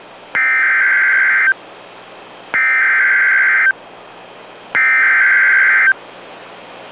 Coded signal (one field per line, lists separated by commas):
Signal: Emergency Alert System (SAME) tones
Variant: header bursts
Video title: Real NOAA Weather Radio EAS Alert #85